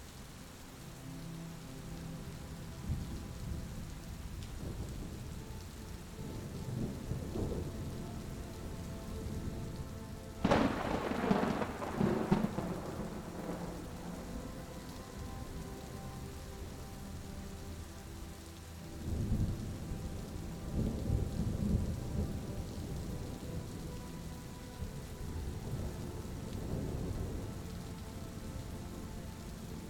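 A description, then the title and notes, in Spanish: Steady rain hisses under soft sustained music while low thunder rolls repeatedly, with a sharp nearby crack near ten seconds and rumbles afterward. El apaciguador rugido de la tormenta se mezcla armoniosamente con melodías suaves.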